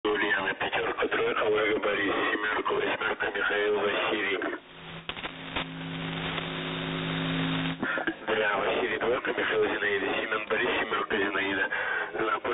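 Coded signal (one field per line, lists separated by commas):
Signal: coded military voice message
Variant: The Pip, Russian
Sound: a male voice reads a message over a noisy shortwave channel, pausing once amid hum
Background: radio static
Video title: The Pip | 18th August 2023 | "Dlya" Voice Message 2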